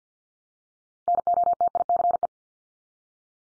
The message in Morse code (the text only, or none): NOTICE